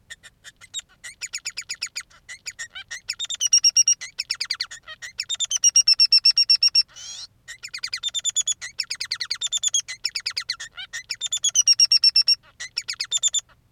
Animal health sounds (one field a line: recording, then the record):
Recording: song of a male Bengalese finch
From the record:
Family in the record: son of father 3